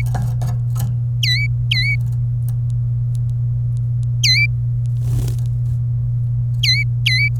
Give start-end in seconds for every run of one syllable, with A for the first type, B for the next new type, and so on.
1.23-1.95 A, 4.24-4.46 A, 6.63-7.29 A